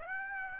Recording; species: mosquito wingbeat signal from an infrared sensor; Aedes aegypti